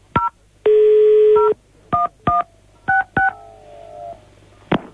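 Telephone keypad dialing tones: about seven short, bright electronic beeps in an uneven rhythm, one held much longer than the rest, with no talking.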